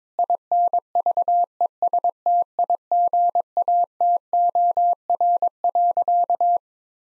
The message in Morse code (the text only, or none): INVESTIGATOR.